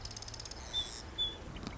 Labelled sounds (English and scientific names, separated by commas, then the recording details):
Marsh Wren (Cistothorus palustris)
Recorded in Sonoma County, California